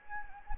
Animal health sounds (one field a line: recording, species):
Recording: mosquito wingbeat signal from an infrared sensor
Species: Anopheles gambiae